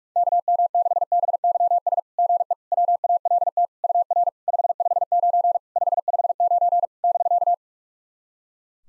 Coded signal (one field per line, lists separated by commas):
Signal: Morse code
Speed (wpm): 46 wpm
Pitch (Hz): 700 Hz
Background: none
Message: KM6BYS GE WALT UR 559 559 <BK>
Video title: SOTA QSO Practice 45wpm